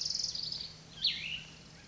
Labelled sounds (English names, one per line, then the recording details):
Cassin's Vireo
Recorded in Sonoma County, California